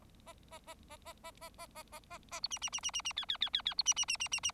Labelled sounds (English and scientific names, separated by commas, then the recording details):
Bengalese Finch (Lonchura striata domestica) song
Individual Bird4